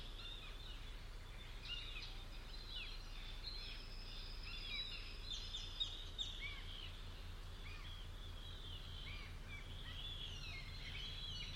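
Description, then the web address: Bird chorus: short chirps and brief whistled phrases from several birds, with a pulsing low hum throughout. "cianscape birddata Deverinetal 2025 File origin Bird Only"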